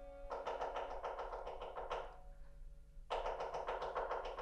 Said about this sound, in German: Wieder ein Specht.